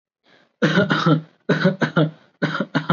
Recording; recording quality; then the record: shallow voluntary cough; excellent, no background noise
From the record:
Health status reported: recovered from COVID-19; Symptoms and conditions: none ticked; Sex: male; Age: 23 years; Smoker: not ticked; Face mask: not worn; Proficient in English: yes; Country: India